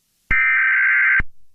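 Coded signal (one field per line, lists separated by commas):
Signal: Emergency Alert System (SAME) tones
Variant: header bursts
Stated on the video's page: Staged April Fools skit EAS alert for entertainment, not a real activation.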